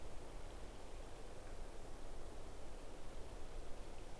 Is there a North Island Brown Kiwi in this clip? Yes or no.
no